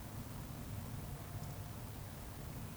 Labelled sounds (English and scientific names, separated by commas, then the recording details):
Eurasian Woodcock (Scolopax rusticola) whistle
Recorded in Baden-Württemberg, Germany, on 25 June 2020 at 19:55 UTC
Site 14569, 102 m above sea level